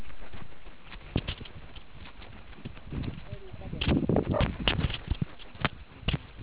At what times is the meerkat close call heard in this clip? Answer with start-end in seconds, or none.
4.33-4.43